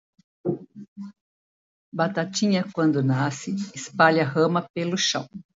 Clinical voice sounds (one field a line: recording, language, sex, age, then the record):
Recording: short text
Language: Brazilian Portuguese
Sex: female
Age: 70 to 79 years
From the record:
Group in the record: control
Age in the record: 70 years